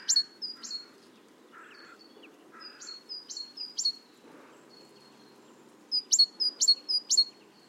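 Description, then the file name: Great tit giving high two-note phrases in runs, with lower chirping notes in between, ending with a strong run of three phrases. "Parus major"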